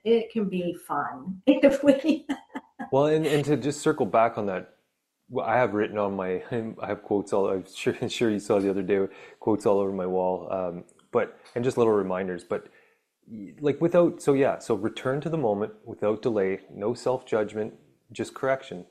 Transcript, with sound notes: It can be fun if we ... (laughs)
Well, and, and to just circle back on that, well, I have written on my ... I m- I have quotes all over- I'm sure, (laughs) I'm sure you saw the other day, quotes all over my wall, um, but ... and just little reminders, but ...Like without ... So yeah, so return to the moment without delay. No self-judgment, just correction.